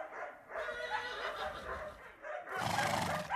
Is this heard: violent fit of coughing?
no